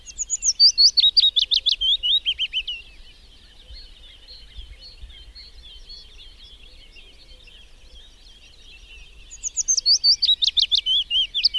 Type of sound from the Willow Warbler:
song